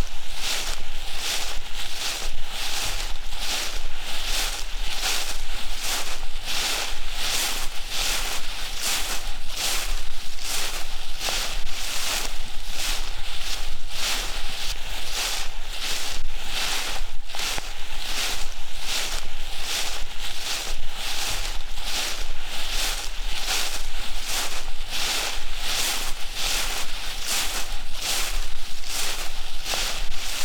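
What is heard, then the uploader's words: Footsteps crunch steadily through dry leaves at a regular walking pace, each step a bright crackling burst, with a faint low hum underneath. Crunching : Walking On Dry Leaves. Crunching sounds of dry leaves.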